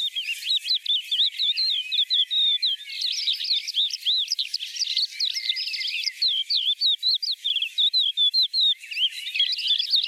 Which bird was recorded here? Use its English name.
Crested Lark